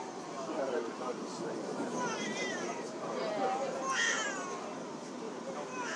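Repeated wailing, pitch-sweeping cries of a baby on a Sunday evening train, over steady train rumble and background chatter.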